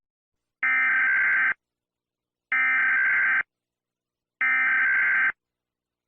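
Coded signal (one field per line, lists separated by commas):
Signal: Emergency Alert System (SAME) tones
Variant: header bursts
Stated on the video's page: Fictional EAS scenario, not a real alert, though it uses valid EAS tones.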